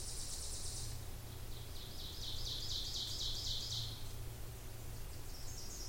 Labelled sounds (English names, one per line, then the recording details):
Ovenbird song
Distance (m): 60 m
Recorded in boreal forest in Alberta, Canada, on 26 May 2016 at 08:12
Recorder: SongMeter 3, array SBT-3-15
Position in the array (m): 53 m, 222 m
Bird 20